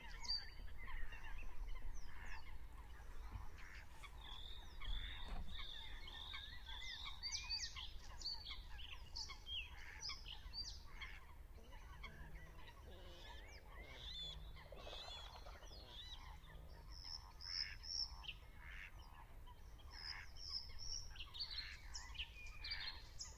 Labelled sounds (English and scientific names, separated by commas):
Bluethroat (Luscinia svecica) song